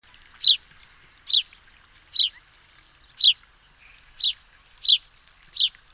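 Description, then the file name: House sparrow chirps: seven bright, slightly downslurred notes in a row over a quiet background. "Passer domesticus"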